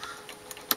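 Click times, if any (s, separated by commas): none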